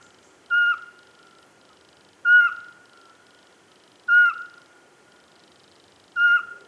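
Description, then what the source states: Eurasian pygmy owl whistling four short, even, piping notes, each spaced about two seconds apart, over a quiet background. 27 September 2017, near 8 pm, 12 degrees, foot of Pic de Bure, Dévoluy massif; calling from the top of a spruce.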